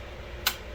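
A 2.5-inch SSD is lined up with the pins of a tool-less plastic drive tray in an InWin small form factor PC and pressed in. A single sharp, bright snap sounds at 0.5 s over a quiet low hum. The SSD is seated in the tray.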